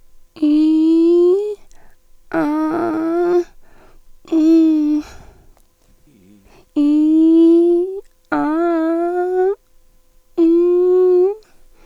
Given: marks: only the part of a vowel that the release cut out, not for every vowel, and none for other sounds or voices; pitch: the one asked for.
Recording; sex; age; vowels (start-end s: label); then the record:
sustained vowels; female; 50 to 59 years
0.47-1.39 s: vowel /i/, low pitch
2.41-3.32 s: vowel /a/, low pitch
4.36-4.95 s: vowel /u/, low pitch
6.81-7.78 s: vowel /i/, low-high-low pitch
8.37-9.45 s: vowel /a/, low-high-low pitch
10.44-11.25 s: vowel /u/, low-high-low pitch
From the record:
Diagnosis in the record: hypernasality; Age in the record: 51 years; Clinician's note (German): Tonsillentumor